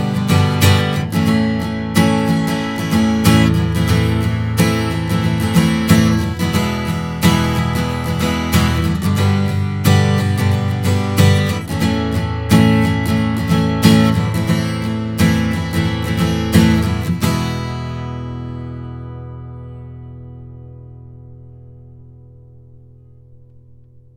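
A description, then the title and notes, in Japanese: An acoustic guitar plays steady strummed chords with a regular rhythm, each stroke ringing full through low and bright strings. Around seventeen seconds the playing stops on a final chord that rings out and slowly fades over the last several seconds. ASTON ORIGINギターサウンド。ASTON Microphone 『AST-ORIGIN』を使用したアコースティックギター録音音源。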